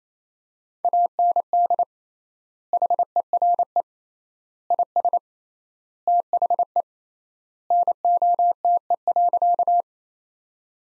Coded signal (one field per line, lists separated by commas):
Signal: Morse code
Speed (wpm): 28 wpm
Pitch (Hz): 700 Hz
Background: none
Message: AND HERE IS THE NOTE.